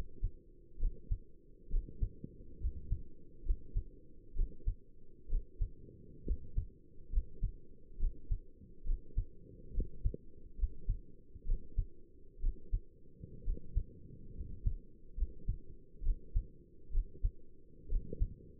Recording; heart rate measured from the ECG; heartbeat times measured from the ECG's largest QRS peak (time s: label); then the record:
heart sounds by stethoscope; 67 bpm
0.80 s: heartbeat
1.71 s: heartbeat
2.61 s: heartbeat
3.46 s: heartbeat
4.36 s: heartbeat
5.30 s: heartbeat
6.26 s: heartbeat
7.12 s: heartbeat
8.00 s: heartbeat
8.86 s: heartbeat
9.74 s: heartbeat
10.58 s: heartbeat
11.47 s: heartbeat
12.42 s: heartbeat
13.45 s: heartbeat
14.35 s: heartbeat
15.17 s: heartbeat
16.04 s: heartbeat
16.92 s: heartbeat
17.90 s: heartbeat
From the record:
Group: healthy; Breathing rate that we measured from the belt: 16 breaths a minute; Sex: male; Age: 22 years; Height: 181 cm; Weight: 79 kg